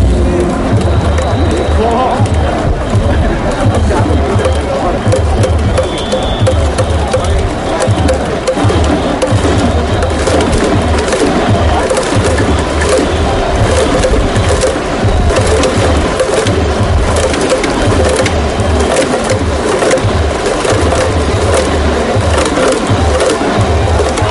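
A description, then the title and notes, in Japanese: Crowd sound inside Hanshin Koshien Stadium: a dense, unbroken wash of many voices stays at an even level for the whole stretch. Low thumping beats repeat at a steady, quick pace throughout, like drumming under the chanting, with a brief whistle-like tone early on. 阪神甲子園球場での模様を、ただただ場内の音声だけでお送りします。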